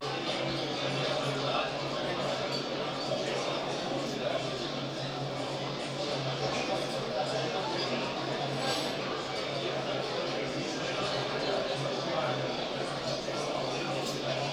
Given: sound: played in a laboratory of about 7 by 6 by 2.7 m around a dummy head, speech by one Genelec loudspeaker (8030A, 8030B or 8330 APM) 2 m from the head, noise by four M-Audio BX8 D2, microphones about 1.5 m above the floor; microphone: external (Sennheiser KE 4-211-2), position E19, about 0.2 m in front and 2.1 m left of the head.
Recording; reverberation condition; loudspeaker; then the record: cafeteria noise; medium; four, about 170 cm from the corners of the room and facing them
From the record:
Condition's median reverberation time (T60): about 510 ms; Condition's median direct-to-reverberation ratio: about -0.5 dB